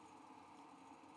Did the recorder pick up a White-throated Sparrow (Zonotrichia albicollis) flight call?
no